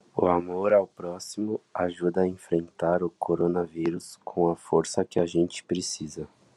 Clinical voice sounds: spoken sentence; Brazilian Portuguese; male; 30 to 39 years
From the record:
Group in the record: control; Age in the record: 31 years

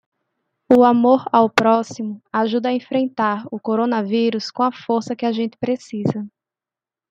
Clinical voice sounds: spoken sentence; Brazilian Portuguese; female; 20 to 29 years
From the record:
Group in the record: control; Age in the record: 25 years

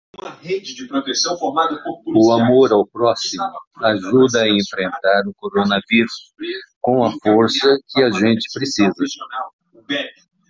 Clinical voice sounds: spoken sentence; Brazilian Portuguese; male; 70 to 79 years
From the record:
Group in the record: control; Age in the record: 71 years

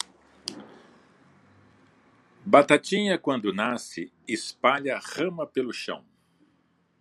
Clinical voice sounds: short text; Brazilian Portuguese; male; 60 to 69 years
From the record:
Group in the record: control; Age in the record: 62 years

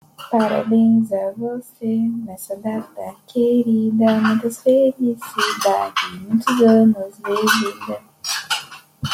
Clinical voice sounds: short text; Brazilian Portuguese; female; 20 to 29 years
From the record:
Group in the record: control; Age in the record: 20 years

